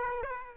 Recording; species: mosquito wingbeat signal from an infrared sensor; Aedes aegypti